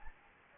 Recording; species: mosquito wingbeat signal from an infrared sensor; Anopheles gambiae